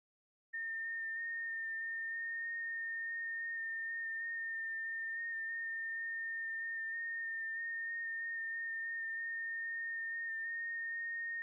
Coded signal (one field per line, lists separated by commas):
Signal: FT8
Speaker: Let's see if we can uh try to get Kilo 3 November Oscar Quebec. Also in Texas.